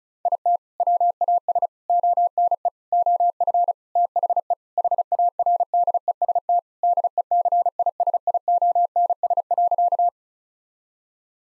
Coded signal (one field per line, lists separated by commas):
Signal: Morse code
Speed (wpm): 36 wpm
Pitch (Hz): 700 Hz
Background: none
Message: IT WAS ONE OF THE HARDEST DECISIONS.